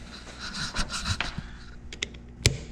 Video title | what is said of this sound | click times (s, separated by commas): PREDATOR 212 HEMI POWERED DB30 MINIBIKE RUNS (ITS ABOUT TIME) | all right it clicks all right chains on let | 2.5 s